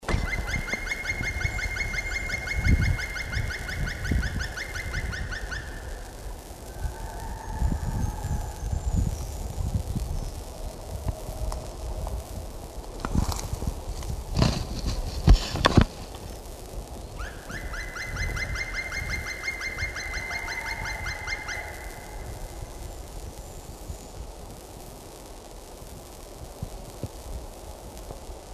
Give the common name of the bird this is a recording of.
Black Woodpecker